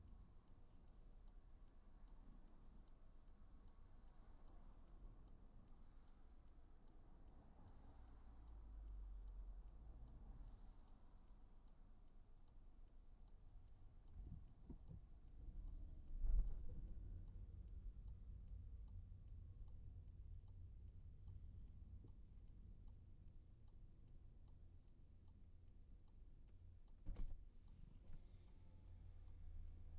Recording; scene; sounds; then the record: everyday scene through a hearing-aid microphone; in a vehicle; engine idling, traffic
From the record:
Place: Skoda Fabia, gasoline engine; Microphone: behind the ear, right, front